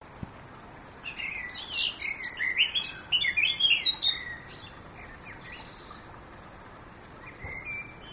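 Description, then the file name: Eurasian blackcap song: a hurried run of chattering, warbling notes lasting about three seconds. Quiet background with a few faint chirps afterward. "Sylvia atricapilla"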